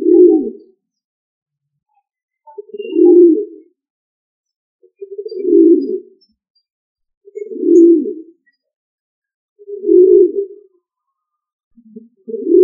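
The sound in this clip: Pigeon giving a series of low, muffled coos, spaced roughly every two and a half seconds, each short and throaty, with nothing else audible.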